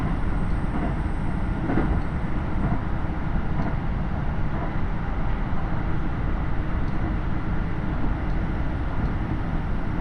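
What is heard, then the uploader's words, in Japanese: Onboard a KiHa 75 diesel train on the Takayama Line between Gifu and Mino-Ota, a steady low rumble fills the ten seconds with even loudness. Faint rhythmic clicks of wheels over rail joints surface now and then, around the second and seventh seconds, over a thin high whine. 高山本線 岐阜→美濃太田（キハ75）。車両はキハ75系で快速みえ号にも使われています。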